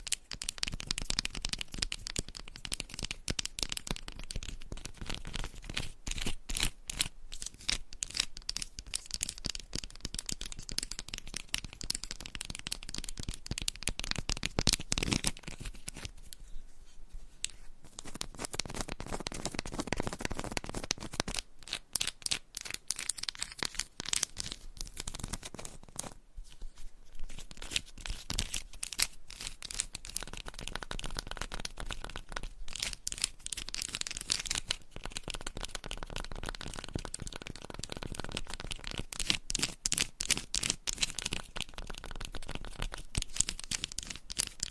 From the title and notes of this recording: ASMR Candle Scratching and Tapping Textured Candles - Asmr No Talking for Sleep with Long Nails.